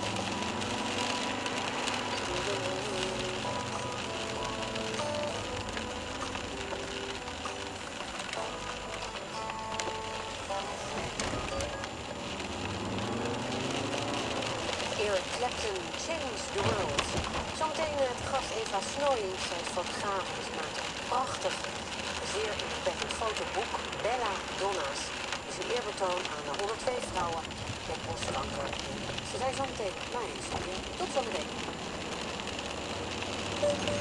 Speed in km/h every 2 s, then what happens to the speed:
51, 47, 41, 29, 20, 29, 52, 55, 50, 51, 50, 47, 42, 39, 40, 49, 61.
0-7 brakes to 20. 8-13 speeds up to 55. 13-25 slows to 39. 28-34 speeds up to 61.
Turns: 6-9.